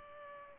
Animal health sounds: mosquito wingbeat signal from an infrared sensor; Culex pipiens

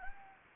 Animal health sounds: mosquito wingbeat signal from an infrared sensor; Anopheles gambiae

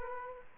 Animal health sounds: mosquito wingbeat signal from an infrared sensor; Aedes aegypti

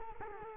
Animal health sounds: mosquito wingbeat signal from an infrared sensor; Culex quinquefasciatus

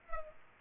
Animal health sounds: mosquito wingbeat signal from an infrared sensor; Culex pipiens

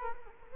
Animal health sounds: mosquito wingbeat signal from an infrared sensor; Culex quinquefasciatus

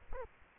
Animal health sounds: mosquito wingbeat signal from an infrared sensor; Aedes aegypti

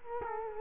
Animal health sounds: mosquito wingbeat signal from an infrared sensor; Culex quinquefasciatus

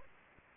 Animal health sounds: mosquito wingbeat signal from an infrared sensor; Anopheles arabiensis

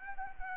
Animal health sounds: mosquito wingbeat signal from an infrared sensor; Anopheles arabiensis

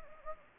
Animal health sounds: mosquito wingbeat signal from an infrared sensor; Anopheles gambiae

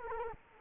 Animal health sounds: mosquito wingbeat signal from an infrared sensor; Culex quinquefasciatus

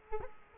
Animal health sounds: mosquito wingbeat signal from an infrared sensor; Culex quinquefasciatus

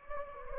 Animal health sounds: mosquito wingbeat signal from an infrared sensor; Anopheles gambiae

